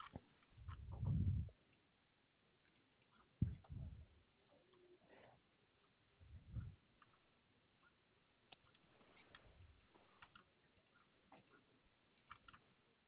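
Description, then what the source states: Koala deep grunting rumbles, a strong low burst then shorter irregular pulses scattered throughout, with faint clicks between. Recorded 6 2 2021.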